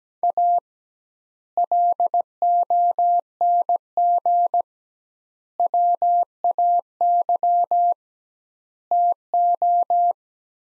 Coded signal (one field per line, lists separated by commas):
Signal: Morse code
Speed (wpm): 17 wpm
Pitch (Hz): 700 Hz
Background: none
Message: A LONG WAY TO